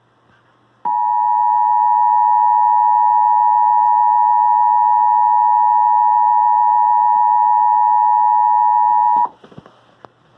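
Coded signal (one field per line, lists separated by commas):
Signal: Emergency Alert System (SAME) tones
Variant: 853 and 960 Hz attention tone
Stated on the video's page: Recreation of a local alert with real EAS tones, played from an Android phone and a compact cassette player.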